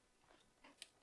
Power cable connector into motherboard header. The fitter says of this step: until you hear a slight click